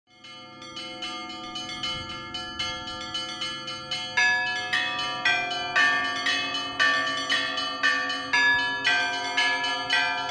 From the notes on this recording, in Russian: Рождественский колокольный звон